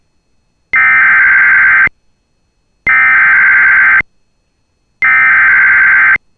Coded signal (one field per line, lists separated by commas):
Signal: Emergency Alert System (SAME) tones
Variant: header bursts